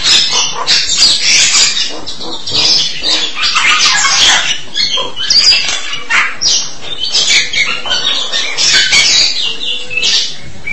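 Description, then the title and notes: Starling giving a long, dense stream of raspy chatter, clicks and squeaky whistles, varied and unbroken. "suara burung jalak"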